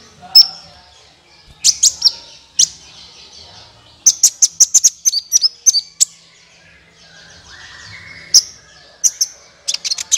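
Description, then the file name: Olive-backed Sunbird: bird gives sharp, very high chirps in small groups with quiet gaps between, and a faint thin buzz midway. "suara kolibri ninja"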